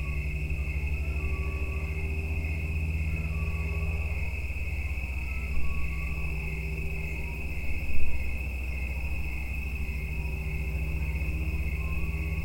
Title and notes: Autumn insects on Watts Ranch. In much of the United States, insects start calling in the evening in late summer and into autumn. Recorded by Neal Johnson. Part of the Music for Sleep project